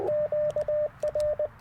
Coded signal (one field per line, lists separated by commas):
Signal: Morse code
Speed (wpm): 20 wpm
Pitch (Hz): 600 Hz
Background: radio noise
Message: QR